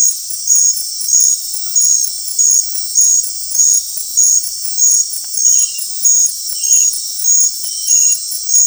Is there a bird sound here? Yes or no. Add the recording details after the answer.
no. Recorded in dense forest near Puerto Asís, Putumayo, Colombia, on 19 March 2025 at 21:00. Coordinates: 0.503, -76.323. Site GP09